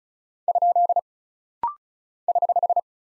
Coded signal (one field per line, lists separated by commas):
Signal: Morse code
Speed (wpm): 36 wpm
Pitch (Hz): 700 Hz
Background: none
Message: ? <HH>